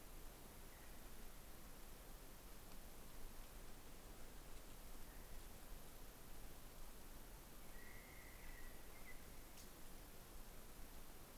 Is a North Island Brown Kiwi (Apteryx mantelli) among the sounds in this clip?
no